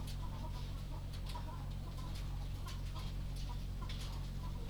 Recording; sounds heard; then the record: poultry house recording; sick chickens (respiratory disease)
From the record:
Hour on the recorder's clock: 21